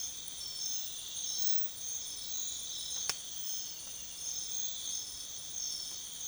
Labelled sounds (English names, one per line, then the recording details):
none
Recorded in secondary vegetation near Puerto Asís, Putumayo, Colombia, on 28 February 2025 at 04:00
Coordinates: 0.500, -76.326
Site GP04